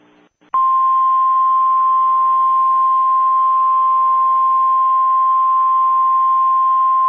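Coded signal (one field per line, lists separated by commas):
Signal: Emergency Alert System (SAME) tones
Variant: 1050 Hz attention tone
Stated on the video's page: Simulated Halloween-themed EAS alert in retro style, one of a series of scenario recreations.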